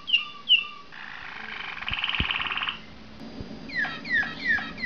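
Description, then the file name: Waterslager canary song: two sharp whistled notes, a long bubbling watery roll, then repeated descending whistled notes. "malinois waterslager omkicau"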